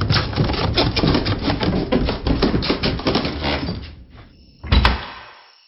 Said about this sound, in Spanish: Cuando nos recuperamos un poco, salimos de allí a toda prisa y cerramos la puerta.